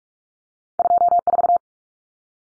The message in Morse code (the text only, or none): 24